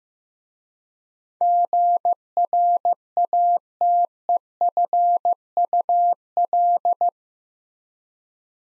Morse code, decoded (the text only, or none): GRATEFUL